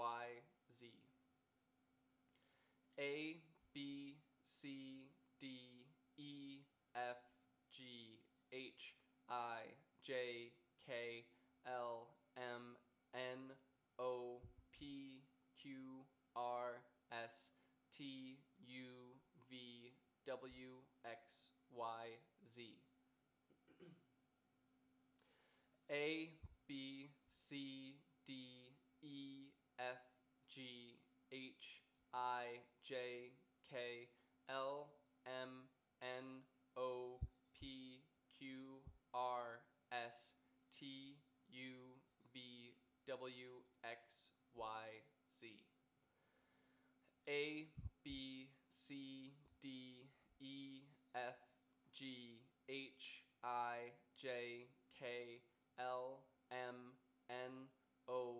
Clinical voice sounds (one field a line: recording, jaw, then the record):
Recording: letters of the alphabet, spoken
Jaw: free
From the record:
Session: first day, before the bite bar